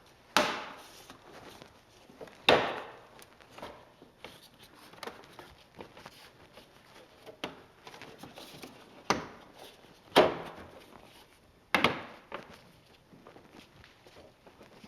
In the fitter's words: There we go. So, that's all snapped back into place.